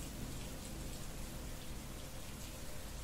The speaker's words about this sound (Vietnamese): Một bên má của bà già gầy gò áp vào tấm kính, máu từ những lỗ chân lông rịn ra bết bát lên tấm kính, lẫn trong nước mưa chảy thành dòng xuống.